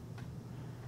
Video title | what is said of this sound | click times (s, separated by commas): Phlebotomy: Dermal Capillary Punctures - Blood Collection (Rx-TN) | up to the finger and push in you'll hear click means | 0.2 s